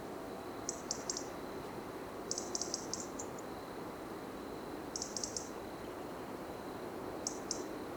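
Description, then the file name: European robin calls in four quick clusters of sharp high ticks, spaced a couple of seconds apart, with constant low background hiss. "Erithacus rubecula"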